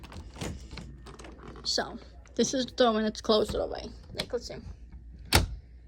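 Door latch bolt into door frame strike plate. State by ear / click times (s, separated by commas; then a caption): seated / 5.4 s. Someone talks while an interior door is pushed fully closed, with faint light knocks and taps along the way. At 5.4 s its latch bolt gives a sharp, loud click into the strike plate on the door frame. The latch is seated, so the door cannot be opened without twisting the knob.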